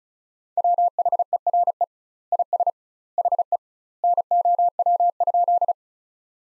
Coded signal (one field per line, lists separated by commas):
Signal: Morse code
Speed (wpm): 36 wpm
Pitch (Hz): 700 Hz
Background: none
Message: WHERE IS HE NOW?